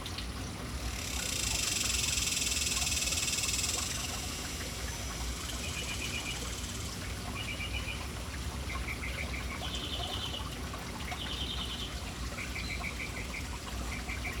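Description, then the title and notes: Birds giving clustered, rapid chirping bursts in the second half, after a few seconds of loud hissing rush near the start. City birds gathered and lingering around an urban fountain. "Urban birds at fountain. Relaxing sounds of City Birds hanging around fountain"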